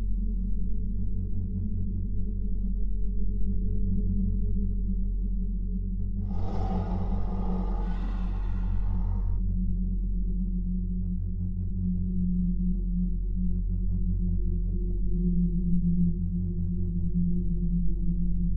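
A steady, deep humming drone fills this exoplanet ambience, with a brief rush of brighter hissing texture between about six and nine seconds.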